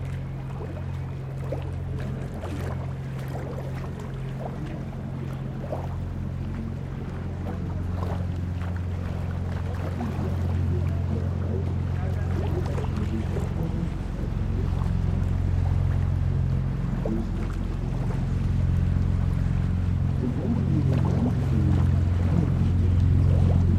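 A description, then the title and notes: River waves slap and lap against stone steps, with small splashes scattered throughout. Beneath them runs a steady, deep engine drone, likely a passing boat, that grows gradually louder over the second half. Spree waves from stairs under Paul-Löbe-Haus opposite to Marie-Elisabeth-Lüders-Haus. Location: Berlin, Germany.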